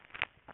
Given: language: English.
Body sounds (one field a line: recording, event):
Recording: throat vibration sensor signal played as sound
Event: swallow